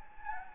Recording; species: mosquito wingbeat signal from an infrared sensor; Anopheles gambiae